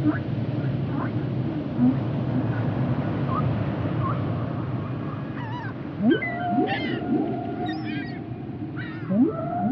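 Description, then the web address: Whale calls: short rising sweeps and wavering whistles crowd over one another, with quick squeaky notes and a steady low rumble throughout. Recorded underwater. "zvuci ot kitove glasove na kitove pod vodata"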